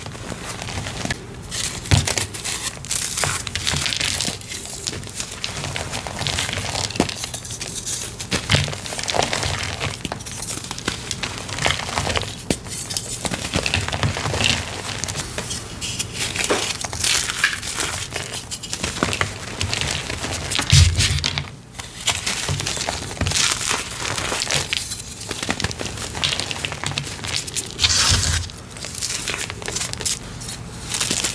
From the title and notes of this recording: Deep Blue Cracked Slabs + Fresh Chalk. Loud, soft crunchy asmr oddly satisfying gym chalk crushing sounds.